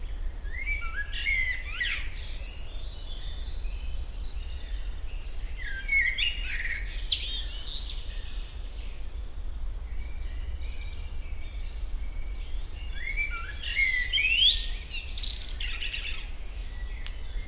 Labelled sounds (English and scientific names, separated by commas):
Common Blackbird (Turdus merula) song